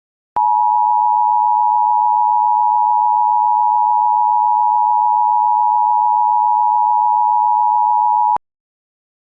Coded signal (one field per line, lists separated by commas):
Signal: Emergency Alert System (SAME) tones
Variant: 853 and 960 Hz attention tone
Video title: IPAWS EAS Colorado Blue Alert (08/25/26)